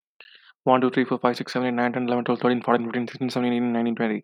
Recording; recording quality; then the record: counting at a fast pace; excellent, no background noise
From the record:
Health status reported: respiratory illness, not identified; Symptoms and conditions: asthma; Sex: male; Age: 23 years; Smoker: not ticked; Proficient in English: yes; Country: India